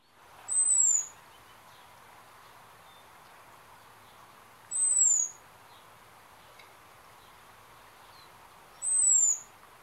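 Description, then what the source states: American Robin seet calls: a very high, thin, slightly falling whistle given three times, about every four seconds, over a soft steady hiss. Seet call, thought to be used specifically when a hawk flies overhead, signalling danger from above; robins said to warn each other about predators.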